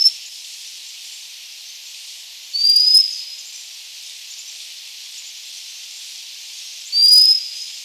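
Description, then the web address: White-capped redstart calls, two thin, high rising whistles about four seconds apart over a steady hiss. "white capped river chat call"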